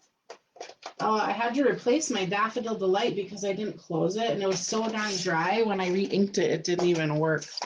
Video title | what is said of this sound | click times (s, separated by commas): How To Make a Buffalo Plaid Christmas Card | make sure that locks in place i don't want a dry ink pad | 0.3 s